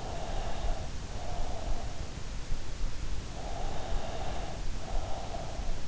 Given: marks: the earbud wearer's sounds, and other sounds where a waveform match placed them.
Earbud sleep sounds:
sounds in sleep by an in-ear microphone; breath
0.00-2.22 s: breath
3.30-5.40 s: breath

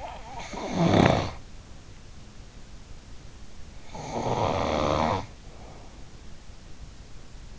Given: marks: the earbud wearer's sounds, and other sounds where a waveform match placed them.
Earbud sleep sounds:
sounds in sleep by an in-ear microphone; snoring breath
0.00-1.39 s: snoring breath
3.96-6.05 s: snoring breath

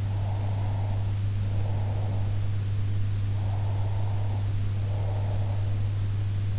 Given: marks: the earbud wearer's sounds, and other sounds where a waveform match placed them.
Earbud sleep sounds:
sounds in sleep by an in-ear microphone; breath
0.00-2.48 s: breath
3.37-5.74 s: breath

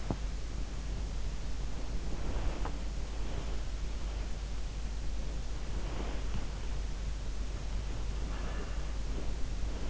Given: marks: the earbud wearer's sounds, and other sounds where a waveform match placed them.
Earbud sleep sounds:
sounds in sleep by an in-ear microphone; body movement
0.00-0.27 s: body movement
2.09-3.58 s: body movement

